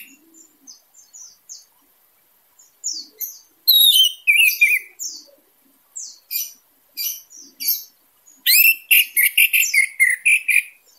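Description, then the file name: Orange-headed thrush singing a long, varied stream of sharp chips and slurred whistles, building to a fast, loud run of repeated notes toward the end. Singing style described as 'teler gacor dor', meaning intense, constant singing. "suara anis merah teler gacor dor"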